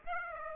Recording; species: mosquito wingbeat signal from an infrared sensor; Aedes aegypti